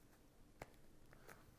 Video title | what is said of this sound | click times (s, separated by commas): Audeze Maxwell - Best Wireless Gaming Headset!? | And there you go. You should hear it like a little click at the end. | 1.3 s